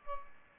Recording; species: mosquito wingbeat signal from an infrared sensor; Aedes albopictus